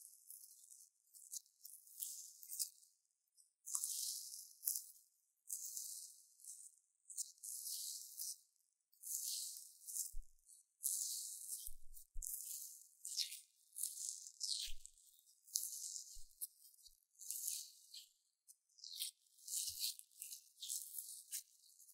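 Crunchy slime being squeezed and pressed, making bursts of crisp, bright crackling that come in quick repeated squishes about every second or two. Each crunch rises and fades, with brief quiet gaps between, and a few soft low thumps land around the middle and later.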